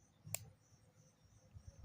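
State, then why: Seated. The blade of a small Case Tiny Trapper slip-joint pocket knife with brass liners and good blade centering is opened or closed against its backspring, and it has no half stops. The blade snaps into place with one sharp, loud snap at 0.4 s over quiet low background rumble. The blade is seated.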